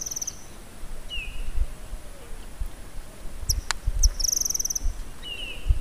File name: White throated kingbird